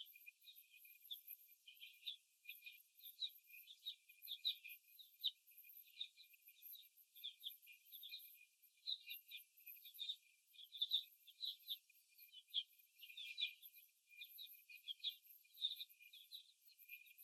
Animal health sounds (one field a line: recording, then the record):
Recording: young laying hens in a cage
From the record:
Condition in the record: after the stressor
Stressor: simulated dog barking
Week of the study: 1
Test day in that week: 2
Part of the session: 4